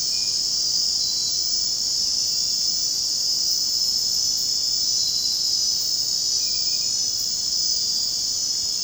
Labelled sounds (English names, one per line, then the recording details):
none
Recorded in dense forest near Puerto Asís, Putumayo, Colombia, on 24 June 2025 at 02:30
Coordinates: 0.499, -76.324
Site G100